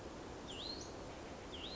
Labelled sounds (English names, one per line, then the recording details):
Hutton's Vireo
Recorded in Sonoma County, California